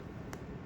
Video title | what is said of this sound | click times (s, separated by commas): Cath Lab Table Set Up | i'm going to advance it all the way until you hear a click and | 0.3 s